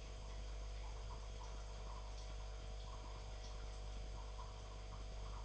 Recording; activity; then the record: daily activity, microphone in the room; make coffee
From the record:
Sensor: 5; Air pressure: 1009.5 hPa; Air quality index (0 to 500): 168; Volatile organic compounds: 4 ppm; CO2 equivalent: 1629 ppm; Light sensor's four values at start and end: 93/246/100/106 and 93/246/100/106